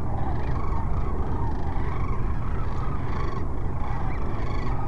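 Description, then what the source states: Sandhill cranes calling as a flock, overlapping rolling, trumpeting notes throughout, over a constant heavy low rumble. Several cranes at Cochise Lakes, 30 January 2019.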